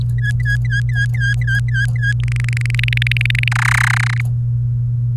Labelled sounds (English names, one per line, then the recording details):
Domestic Canary song
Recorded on 28 April 2018 at 07:03
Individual llb3